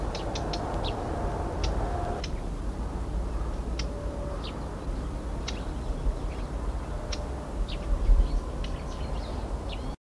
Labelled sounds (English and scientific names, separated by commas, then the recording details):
Marsh Warbler (Acrocephalus palustris) alarm call
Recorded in the wild
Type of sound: alarm call
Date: 1975-07-26
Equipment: Halbspur, 9,5 cm/s
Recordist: Lütgens, Hans
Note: Meinfeld (?), Warnen